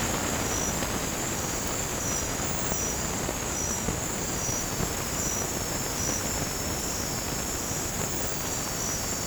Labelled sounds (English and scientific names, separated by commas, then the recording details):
none
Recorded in dense forest near Puerto Asís, Putumayo, Colombia, on 30 June 2025 at 23:30
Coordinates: 0.503, -76.323
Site G059